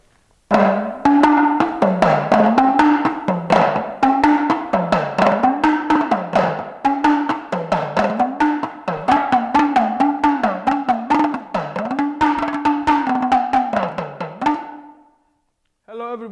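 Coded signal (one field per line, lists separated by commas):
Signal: talking drum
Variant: tamani (Bamana)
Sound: quick sequence of dry drum strokes whose low pitch rises and falls like speech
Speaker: the chief of the village send one of my family's members to go make an announcement like that [Music] [Music] hello everybody this Sunday's globalist families have the event as a three clock in the afternoon so everybody is a welcome to join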